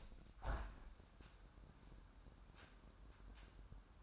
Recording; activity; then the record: daily activity, microphone in the room; open window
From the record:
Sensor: 2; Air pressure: 998.4 hPa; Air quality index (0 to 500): 144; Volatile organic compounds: 4 ppm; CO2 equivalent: 1642 ppm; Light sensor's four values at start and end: 8/19/8/9 and 8/20/8/9